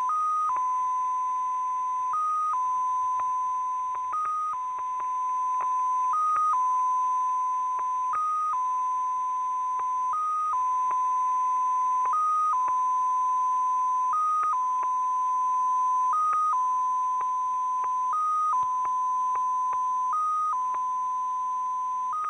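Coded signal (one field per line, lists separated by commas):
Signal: numbers station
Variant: XPA2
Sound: steady mid-pitch tone that jumps slightly higher for about half a second, every two seconds, with clicks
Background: radio static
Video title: 16147kHz USB BIG Message from Russian Number Station XPA2 02 05 2024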